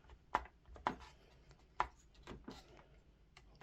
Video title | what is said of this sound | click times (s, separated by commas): Fitting A Prototype HPA Kit - Mancraft SDiK For The ICS Tomahawk | let's put the barrel section back in just so we can hear it lock | 0.3 s, 1.8 s